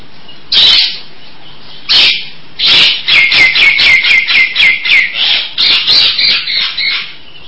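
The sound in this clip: Nias hill myna song: loud, clipped downslurred whistles repeated rapidly after two opening notes.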